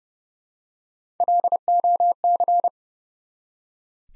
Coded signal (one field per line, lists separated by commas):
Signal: Morse code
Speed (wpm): 30 wpm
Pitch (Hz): 700 Hz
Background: none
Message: LOC